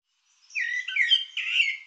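Bird giving one brief, squeaky, warbled phrase of slurred high notes, with no other sounds.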